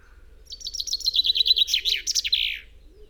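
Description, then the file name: Common chaffinch singing one phrase: a rapid series of sweet repeated notes falling in pitch, closing with a brisk terminal flourish. "Fringilla coelebs"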